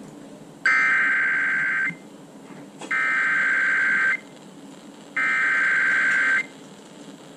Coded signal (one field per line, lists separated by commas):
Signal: Emergency Alert System (SAME) tones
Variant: header bursts